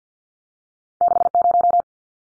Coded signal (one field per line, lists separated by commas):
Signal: Morse code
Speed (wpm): 50 wpm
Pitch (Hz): 700 Hz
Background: none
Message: 60